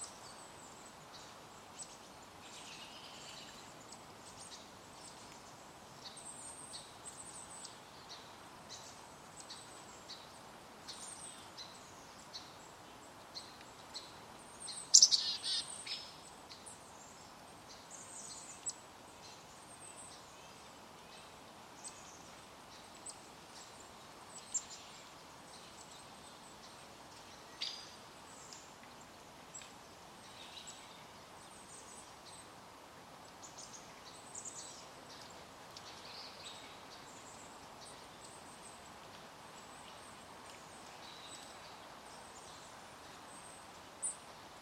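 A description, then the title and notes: A wooded ravine trail close to a city, with a soft, steady hush of distant traffic underneath. Small birds call sparsely throughout, mostly thin, high chirps, with one louder call at about fifteen seconds and a few quieter ones scattered later. Marquam Trail, Portland, OR. Portland, Oregon's Marquam Nature Park, on The Marquam Trail, less than a mile from downtown, I-5 and OHSU in an acoustically shielded ravine.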